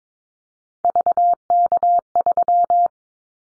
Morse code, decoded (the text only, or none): VK3